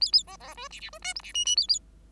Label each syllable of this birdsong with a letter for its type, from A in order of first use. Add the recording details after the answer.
A A B B C D D C E F D G G A A. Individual Bird5